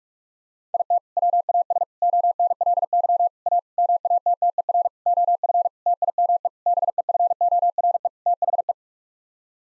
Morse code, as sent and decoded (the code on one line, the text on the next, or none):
.. - / .-- .- ... / --- -. .-.. -.-- / .- / -- .- - - . .-. / --- ..-. / - .. -- . / -... . ..-. --- .-. . / - .... .
IT WAS ONLY A MATTER OF TIME BEFORE THE